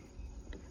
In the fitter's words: And then the nipple snaps back in.